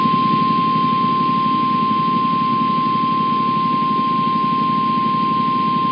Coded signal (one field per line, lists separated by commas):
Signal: Emergency Alert System (SAME) tones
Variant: 1050 Hz attention tone